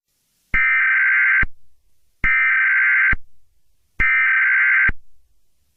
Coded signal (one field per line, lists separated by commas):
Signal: Emergency Alert System (SAME) tones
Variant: header bursts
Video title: EAS Scenario #11: Fireworks Disaster (July 4th Special)